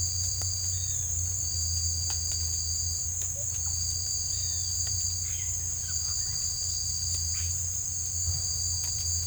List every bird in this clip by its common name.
Great Kiskadee, Russet-backed Oropendola, unidentified bird